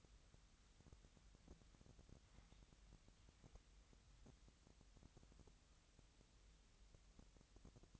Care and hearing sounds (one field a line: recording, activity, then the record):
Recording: daily activity, microphone in the room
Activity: wipe stove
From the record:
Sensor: 3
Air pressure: 1003.3 hPa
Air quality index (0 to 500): 199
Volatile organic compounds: 6 ppm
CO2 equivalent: 1945 ppm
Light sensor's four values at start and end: 10/25/10/11 and 10/25/10/11